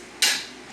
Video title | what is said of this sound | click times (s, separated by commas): Linguine Al Limone with Chia Chicken Meatballs - Tara the Foodie | until it clicks like | 0.2 s